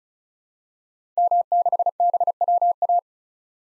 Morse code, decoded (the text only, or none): M6BWA